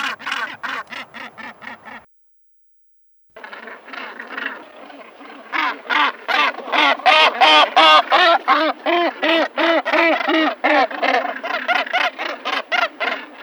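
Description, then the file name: Northern gannet giving harsh, raucous calls repeated rapidly, nearly three per second, in a steady run broken by one short pause; the calls grow louder later on. "Olusha severnaja"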